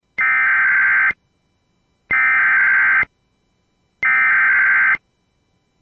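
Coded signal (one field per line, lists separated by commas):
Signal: Emergency Alert System (SAME) tones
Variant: header bursts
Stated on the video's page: Evacuation immediate EAS alert converted from CAP.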